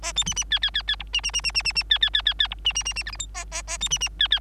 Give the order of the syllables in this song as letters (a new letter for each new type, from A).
A B C C D D D D E C C C C C C C D D D D D E C C C C F G H A A A B C C D D